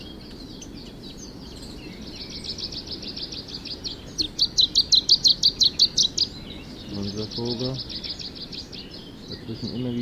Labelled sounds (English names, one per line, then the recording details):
Canary Islands Chiffchaff song
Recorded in the wild
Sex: male
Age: adult
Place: Privatpark "Chiripa" in Puerto de la Cruz, Teneriffa, Teneriffa, Kanarischen Inseln, ES
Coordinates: 28.4094, -16.5447
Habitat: park
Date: 1965-03-29 15:10
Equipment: Nagra III PH, LGS26
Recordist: Faber, A. and Schneider, H.-J